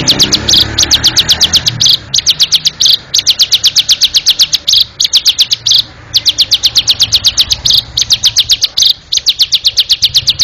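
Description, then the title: Bar-winged prinia song: rapid, high, sharp chip notes in bursts, with short pauses between phrases. "Suara Burung Ciblek"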